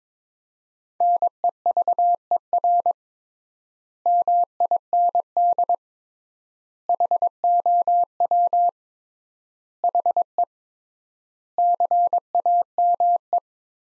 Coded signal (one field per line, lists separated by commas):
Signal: Morse code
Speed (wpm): 22 wpm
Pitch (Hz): 700 Hz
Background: none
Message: NEVER MIND HOW HE CAME